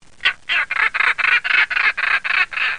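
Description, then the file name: European roller giving a harsh, rasping call: about ten grating notes in a steady series, roughly four each second. "ghiandaia marina"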